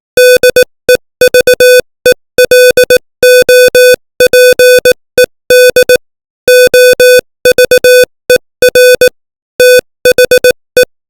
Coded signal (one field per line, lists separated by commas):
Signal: Morse code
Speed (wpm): 18 wpm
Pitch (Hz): 500 Hz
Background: music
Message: DEVELOPED OVER THE